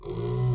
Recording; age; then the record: pig call; weaner (32 to 43 days)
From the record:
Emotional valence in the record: negative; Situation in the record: negative conditioning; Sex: female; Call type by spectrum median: low-frequency call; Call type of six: low-frequency stable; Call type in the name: low-frequency stable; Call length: 0.55 s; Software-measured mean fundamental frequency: 60 Hz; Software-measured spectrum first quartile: 122 Hz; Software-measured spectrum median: 198 Hz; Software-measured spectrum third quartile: 508 Hz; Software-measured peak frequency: 127 Hz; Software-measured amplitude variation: 95 dB a second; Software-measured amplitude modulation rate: 28.2 a second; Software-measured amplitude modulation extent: 3.4 dB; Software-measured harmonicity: -2.0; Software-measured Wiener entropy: -0.56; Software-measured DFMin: 669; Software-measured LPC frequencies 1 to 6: 299, 1000, 2087, 3183, 3872, 6040 Hz